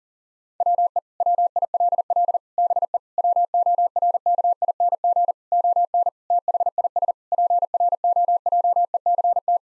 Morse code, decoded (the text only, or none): WE WILL BE WORKING ON THIS PROJECT